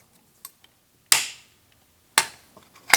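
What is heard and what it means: A click-type torque wrench set to 18 foot-pounds tightens a spark plug into the cylinder head of a Bronco Sport Badlands 2.0L. After a few faint ticks, sharp loud clicks ring out at 1.1 s and 2.2 s, each with a short decaying tail, and another loud sharp sound hits near 2.9 s. The wrench clicks at its setting, showing the plug has reached torque.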